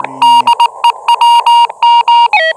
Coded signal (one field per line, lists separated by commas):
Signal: Morse code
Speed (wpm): 19 wpm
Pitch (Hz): 940 Hz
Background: none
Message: DE WM